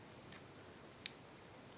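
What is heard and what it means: A small plastic smartphone adapter is slid into the channel on a DJI Osmo Pocket handheld gimbal camera. A faint tick at 0.3 s is followed by one sharp, bright click at 1.1 s as the adapter seats, over quiet background hiss.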